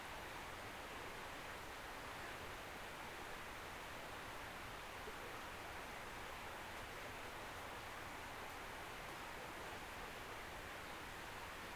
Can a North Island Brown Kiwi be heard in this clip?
no